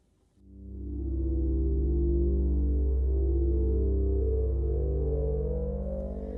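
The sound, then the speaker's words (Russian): A deep, steady electronic spaceship engine hum swells in from near silence after a moment, then holds as a rich, droning tone with layered harmonics that subtly shift in pitch as the ship's disc engines change tone and it begins a slow flight in the atmosphere, with no voices present. “И тут же диски исчезателей изменили тон. Корабль начал свой полет, пока медленный, в атмосфере.”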